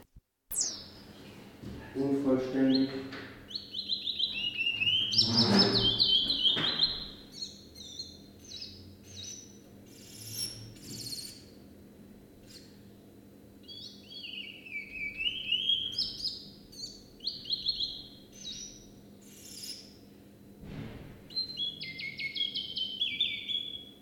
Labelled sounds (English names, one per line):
Willow Warbler